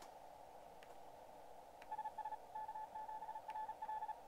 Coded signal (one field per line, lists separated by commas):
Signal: Morse code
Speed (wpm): 36 wpm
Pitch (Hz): 870 Hz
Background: radio noise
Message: SS K7RL